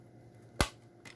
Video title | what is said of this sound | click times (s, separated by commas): TRRS#2027 - Jeff, Jeff Your Radio Has Grown Over Night!!! | there we go snaps in place | 0.6 s